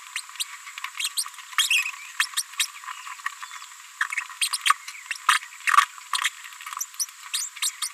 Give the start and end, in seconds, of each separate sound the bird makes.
0.15-0.21, 0.39-0.43, 0.99-1.08, 1.70-1.83, 2.20-2.26, 2.59-2.65, 3.26-3.28, 4.00-4.04, 4.41-4.48, 4.65-4.73, 5.28-5.38, 5.67-5.71, 6.15-6.17, 6.99-7.05, 7.33-7.49, 7.62-7.70, 7.82-7.89